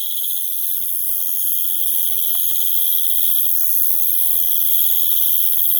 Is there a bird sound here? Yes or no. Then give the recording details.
no. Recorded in pastures near Puerto Asís, Putumayo, Colombia, on 19 June 2025 at 21:00. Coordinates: 0.487, -76.322. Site H26